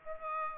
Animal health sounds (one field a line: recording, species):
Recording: mosquito wingbeat signal from an infrared sensor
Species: Aedes aegypti